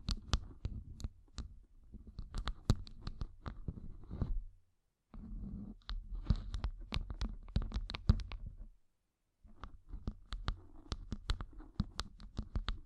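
Gem-covered fingertips tap and scratch in quick, irregular bursts, sharp bright clicks landing several times a second over a soft low rustle. The sound breaks off into silence twice, near four and a half and nine seconds, before the tapping resumes.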